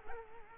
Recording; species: mosquito wingbeat signal from an infrared sensor; Culex quinquefasciatus